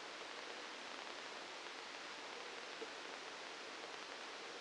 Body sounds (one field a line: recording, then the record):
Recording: brain microelectrode recording played as sound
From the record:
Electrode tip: outside the subthalamic nucleus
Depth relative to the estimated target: -4 mm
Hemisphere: left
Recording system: NeuroSet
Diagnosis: Parkinson's disease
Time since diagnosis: 9 years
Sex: male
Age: 56 years